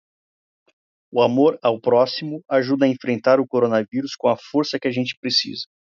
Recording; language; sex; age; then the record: spoken sentence; Brazilian Portuguese; male; 30 to 39 years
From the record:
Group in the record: control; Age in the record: 33 years